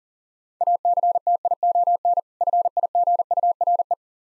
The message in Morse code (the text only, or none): ACTION FIGURE